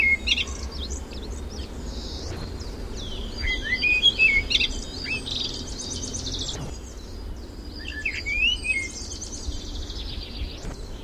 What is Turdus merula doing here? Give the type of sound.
song